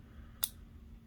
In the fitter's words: Put it back in there, just put it back in the grooves until you hear a snap,